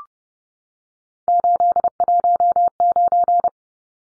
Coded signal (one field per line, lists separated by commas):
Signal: Morse code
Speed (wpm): 30 wpm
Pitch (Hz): 700 Hz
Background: none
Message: 819